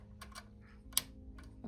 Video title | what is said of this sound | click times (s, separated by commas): APQS Texas How to use QuiltPath | I've put my finger behind the hook assembly and I want to hear that good solid click. | 1.0 s